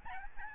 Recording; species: mosquito wingbeat signal from an infrared sensor; Aedes albopictus